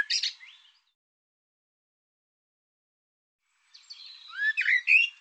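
Bird song heard in two pieces: a short burst of whistled notes at the start, then a long pause and a second warbled phrase with rising slurs.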